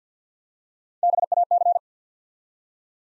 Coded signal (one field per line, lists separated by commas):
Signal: Morse code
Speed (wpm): 50 wpm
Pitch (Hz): 700 Hz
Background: none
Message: BAC